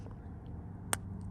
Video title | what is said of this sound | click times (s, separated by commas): Toyota Key fob battery replacement | and then just push down and it will click into place | 0.9 s